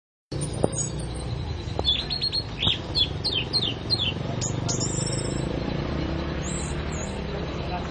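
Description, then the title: Oriental magpie-robin song: quick descending whistled notes, then longer high whistles, with faint knocks and low noise behind. "Kicau Kacer"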